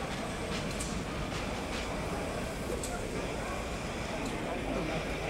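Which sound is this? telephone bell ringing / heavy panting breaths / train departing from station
train departing from station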